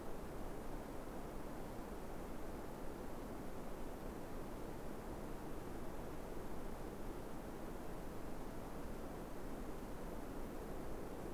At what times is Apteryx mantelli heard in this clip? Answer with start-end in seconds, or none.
none